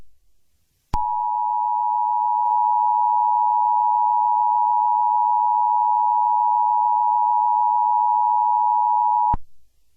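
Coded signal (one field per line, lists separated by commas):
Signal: Emergency Alert System (SAME) tones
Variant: 853 and 960 Hz attention tone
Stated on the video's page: Fictional Puss In Boots-themed EAS scenario, not a real alert.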